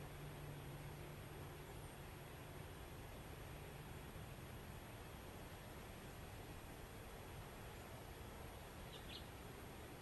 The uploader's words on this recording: Spring in Rural Oregon. We enjoy a beautiful morning sound experience of rural Oregon. You can hear birds chirping, wind blowing on grass and trees, and practically smell the flowers blooming.